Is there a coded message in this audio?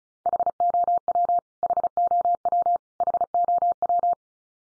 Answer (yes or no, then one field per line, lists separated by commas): yes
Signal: Morse code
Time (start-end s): 0.3-4.1 s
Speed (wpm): 34 wpm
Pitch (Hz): 700 Hz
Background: none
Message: HOW HOW HOW